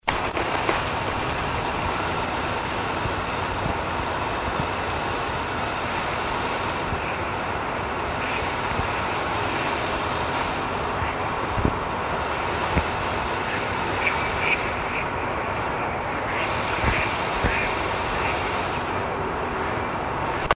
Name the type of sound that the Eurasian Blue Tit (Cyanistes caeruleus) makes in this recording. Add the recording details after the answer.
call. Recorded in the wild. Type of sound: call. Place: Krombachtalsperre, DE. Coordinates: 50.6217, 8.12722. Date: 1963-08-29. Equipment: Uher Report 4000, AKG D190. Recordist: Krey, Winfried